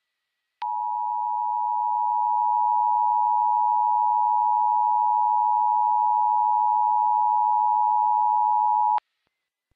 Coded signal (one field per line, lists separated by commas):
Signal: Emergency Alert System (SAME) tones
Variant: 853 and 960 Hz attention tone